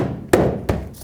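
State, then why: Not seated. A red-housing LED tail light on a 2008–2010 Ford F-250 is tapped by hand so its two pins go into the plastic clips on the side of the pickup bed. Two sharp taps land at about 0.3 and 0.7 seconds, the first the louder, with no talk. Nothing has seated or clicked yet.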